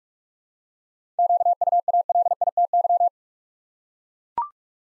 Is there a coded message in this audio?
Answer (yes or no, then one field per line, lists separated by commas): yes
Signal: Morse code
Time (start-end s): 1.2-3.1 s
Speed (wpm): 42 wpm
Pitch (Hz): 700 Hz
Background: none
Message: QUALITY